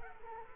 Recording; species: mosquito wingbeat signal from an infrared sensor; Culex quinquefasciatus